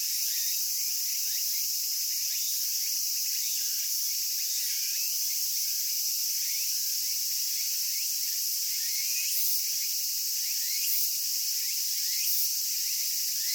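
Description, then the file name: Tsukutsukuboshi cicada song: a continuous high insect drone with irregular rising chirps scattered throughout and a few brief louder bursts near the end. "tsukutsukuboushi cry"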